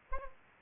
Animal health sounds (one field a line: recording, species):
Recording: mosquito wingbeat signal from an infrared sensor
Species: Anopheles arabiensis